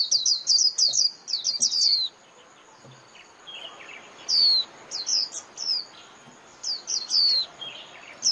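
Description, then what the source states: White-eye calls, a quick burst of high twittering notes, then silence, then spaced descending whistles and short chirps. Lure call used to attract white-eyes for trapping (tiếng khuyên mồi).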